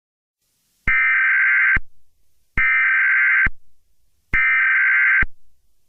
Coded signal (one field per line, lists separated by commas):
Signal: Emergency Alert System (SAME) tones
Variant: header bursts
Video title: (EAS scenario #02). rocket storm